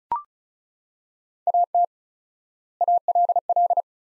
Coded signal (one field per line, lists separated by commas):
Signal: Morse code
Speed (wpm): 36 wpm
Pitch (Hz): 700 Hz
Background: none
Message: AT ALL